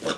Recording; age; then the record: pig call; piglet (1 to 25 days)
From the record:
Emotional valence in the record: positive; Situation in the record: huddling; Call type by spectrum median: low-frequency call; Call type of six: low-frequency tonal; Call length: 0.18 s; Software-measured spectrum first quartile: 477 Hz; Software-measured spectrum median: 1171 Hz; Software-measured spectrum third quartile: 3013 Hz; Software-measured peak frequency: 486 Hz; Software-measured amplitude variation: 139 dB a second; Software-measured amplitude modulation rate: 8.3 a second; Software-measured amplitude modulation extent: 16.8 dB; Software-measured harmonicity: 1.3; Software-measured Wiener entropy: -1.69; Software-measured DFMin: 814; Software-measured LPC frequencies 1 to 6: 521, 1359, 2867, 3590, 5295, 6651 Hz